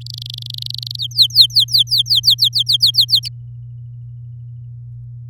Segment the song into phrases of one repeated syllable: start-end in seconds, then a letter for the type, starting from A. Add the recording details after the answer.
0.01-0.96 A, 0.98-3.28 B. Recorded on 6 May 2018 at 05:47. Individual llb16